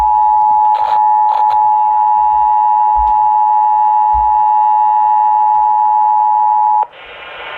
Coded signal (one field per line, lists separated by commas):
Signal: Emergency Alert System (SAME) tones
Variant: 853 and 960 Hz attention tone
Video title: EAS Catches #15: Immediate Evacuation (9/8/2020)